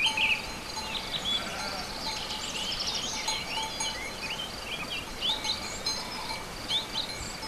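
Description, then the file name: Sheep bleating faintly among a dense chorus of high chirping birdsong, with a constant faint hiss behind. Sheep together with birds at a farm ('chez le maitre') on 29 April 2011. "oiseaux moutons chez le maitre 29 04 11"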